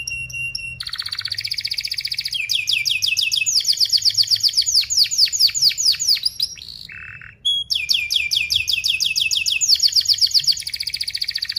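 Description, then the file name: Canary song: long runs of fast sweeping chirps in rolling series, broken by a brief low buzzy note, then more rapid repeated chirps. Gacor singing canary with fast, tight, sharp rolling chirps (speed rapat, cuit-cuit, ngerol tajam). "Suara Kenari Gacor Speed Rapat Cuit Cuit Ngerol Tajam"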